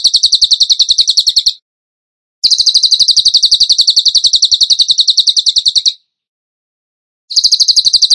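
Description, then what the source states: Bird singing in rapid trills: a short burst, a longer one of about three and a half seconds, then another starting after a gap. Masteran (training recording) for birds in the tembakan gacor style.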